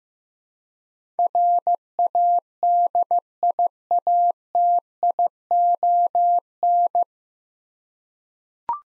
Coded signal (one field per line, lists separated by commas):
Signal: Morse code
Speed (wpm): 15 wpm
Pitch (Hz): 700 Hz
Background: none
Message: RADIATION